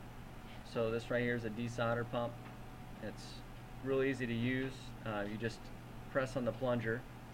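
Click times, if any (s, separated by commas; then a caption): none. A man talks while handling a spring-loaded desoldering pump, getting ready to press its plunger down until it catches and locks in place. Only speech and a steady low hum are heard. The plunger has not latched yet, and nothing has clicked.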